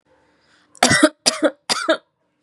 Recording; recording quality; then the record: shallow voluntary cough; excellent, no background noise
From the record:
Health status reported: COVID-19 positive, mild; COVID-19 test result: positive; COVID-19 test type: RT-PCR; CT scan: not taken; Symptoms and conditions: fatigue, muscle pain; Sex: female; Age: 28 years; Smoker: no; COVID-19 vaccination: both doses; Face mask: not worn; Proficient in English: yes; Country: India